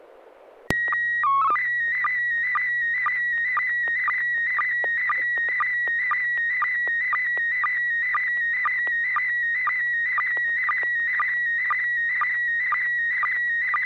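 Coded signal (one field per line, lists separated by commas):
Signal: SSTV (slow-scan television)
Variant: PD 120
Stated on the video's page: Weekly amateur SSTV net on a 441.300 MHz FM repeater, images exchanged using MMSSTV software.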